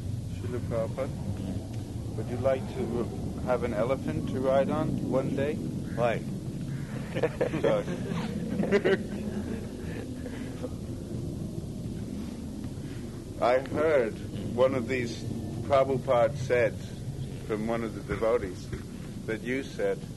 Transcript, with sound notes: Śrīla Prabhupāda, would you like to have an elephant to ride on one day?
Why? [laughter]
I heard---one of these "Prabhupāda saids" from one of the devotees---that you said